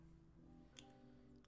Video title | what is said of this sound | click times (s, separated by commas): Back to Chorin' | clicks in place we put our space bar back on | 0.8 s